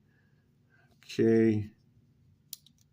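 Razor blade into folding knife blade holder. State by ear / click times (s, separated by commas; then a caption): seated / 2.5 s. Someone talks briefly, then a replacement razor blade is pushed into the metal blade holder of a Sheffield folding razor knife on the second try. A single sharp click at 2.5 s, followed by two faint ticks, marks the blade seating in place.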